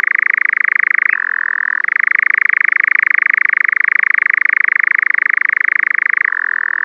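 Nightjar churr: a continuous rapid reeling trill, dipping briefly to a lower pitch and returning to the higher level, then dropping to the lower pitch again until the end.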